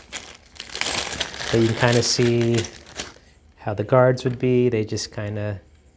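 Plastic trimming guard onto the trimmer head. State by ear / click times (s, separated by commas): not seated / none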